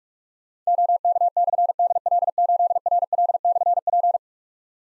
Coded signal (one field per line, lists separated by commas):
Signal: Morse code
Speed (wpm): 44 wpm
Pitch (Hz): 700 Hz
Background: none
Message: OK/DL8RL/P